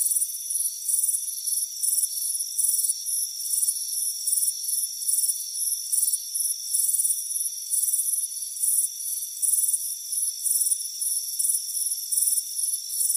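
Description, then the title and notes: Crickets chirp rapidly in shrill pulses over a steady background hum. "Soothing Crickets Chirping Sound. It's a warm afternoon as you relax in a hammock on the front porch. Deep Sleep Sounds"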